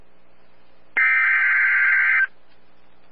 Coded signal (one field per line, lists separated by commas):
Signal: Emergency Alert System (SAME) tones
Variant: header bursts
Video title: Real NOAA Weather Radio EAS Alert #260